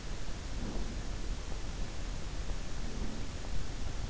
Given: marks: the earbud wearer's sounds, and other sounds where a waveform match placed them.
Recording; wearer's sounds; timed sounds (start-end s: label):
sounds in sleep by an in-ear microphone; breath
0.33-1.14 s: breath
2.54-3.55 s: breath